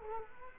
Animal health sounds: mosquito wingbeat signal from an infrared sensor; Culex quinquefasciatus

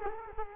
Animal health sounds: mosquito wingbeat signal from an infrared sensor; Culex quinquefasciatus

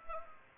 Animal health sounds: mosquito wingbeat signal from an infrared sensor; Culex pipiens

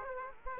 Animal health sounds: mosquito wingbeat signal from an infrared sensor; Aedes aegypti

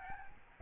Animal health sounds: mosquito wingbeat signal from an infrared sensor; Aedes albopictus

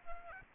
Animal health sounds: mosquito wingbeat signal from an infrared sensor; Aedes albopictus

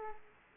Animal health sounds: mosquito wingbeat signal from an infrared sensor; Aedes aegypti

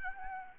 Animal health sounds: mosquito wingbeat signal from an infrared sensor; Aedes albopictus

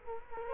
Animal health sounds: mosquito wingbeat signal from an infrared sensor; Culex quinquefasciatus

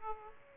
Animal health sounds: mosquito wingbeat signal from an infrared sensor; Aedes aegypti

